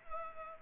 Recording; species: mosquito wingbeat signal from an infrared sensor; Culex pipiens